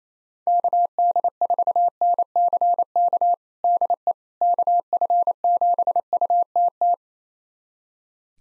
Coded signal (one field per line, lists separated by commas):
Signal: Morse code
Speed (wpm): 28 wpm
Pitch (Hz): 700 Hz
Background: none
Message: KD4NCK DE KF7UTT